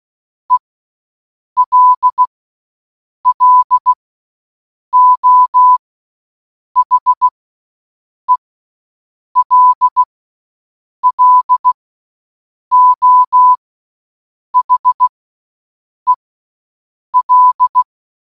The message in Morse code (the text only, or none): ELLO HELLO HEL